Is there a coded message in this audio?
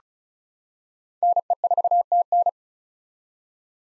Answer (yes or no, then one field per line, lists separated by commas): yes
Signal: Morse code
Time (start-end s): 1.2-2.5 s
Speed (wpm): 36 wpm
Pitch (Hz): 700 Hz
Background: none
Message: NE4TN